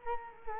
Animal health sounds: mosquito wingbeat signal from an infrared sensor; Culex quinquefasciatus

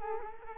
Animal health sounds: mosquito wingbeat signal from an infrared sensor; Culex quinquefasciatus

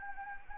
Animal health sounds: mosquito wingbeat signal from an infrared sensor; Anopheles gambiae

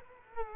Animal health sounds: mosquito wingbeat signal from an infrared sensor; Culex quinquefasciatus

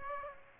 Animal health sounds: mosquito wingbeat signal from an infrared sensor; Aedes aegypti

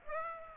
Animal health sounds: mosquito wingbeat signal from an infrared sensor; Aedes aegypti

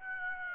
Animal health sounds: mosquito wingbeat signal from an infrared sensor; Aedes aegypti

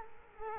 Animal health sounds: mosquito wingbeat signal from an infrared sensor; Culex quinquefasciatus

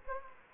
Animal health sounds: mosquito wingbeat signal from an infrared sensor; Anopheles gambiae

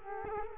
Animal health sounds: mosquito wingbeat signal from an infrared sensor; Culex quinquefasciatus

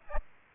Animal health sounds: mosquito wingbeat signal from an infrared sensor; Aedes aegypti

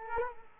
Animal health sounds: mosquito wingbeat signal from an infrared sensor; Culex quinquefasciatus

